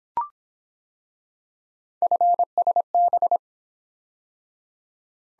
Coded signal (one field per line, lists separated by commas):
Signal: Morse code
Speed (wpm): 25 wpm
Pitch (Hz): 700 Hz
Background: none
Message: FSB